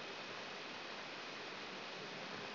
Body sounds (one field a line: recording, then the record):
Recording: brain microelectrode recording played as sound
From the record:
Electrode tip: outside the subthalamic nucleus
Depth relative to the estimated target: -2 mm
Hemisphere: right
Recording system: AlphaMap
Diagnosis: Parkinson's disease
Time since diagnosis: 11 years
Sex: male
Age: 66 years